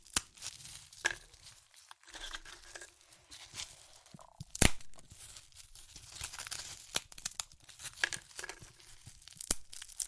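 Chips being crushed and eaten, with dense crackling and crinkling bursts spread across the clip. Sharp crunches stand out near 0.2, 4.6, 7 and 9.3 seconds, while quieter rustling fills the gaps and a brief silence falls just after 2 seconds.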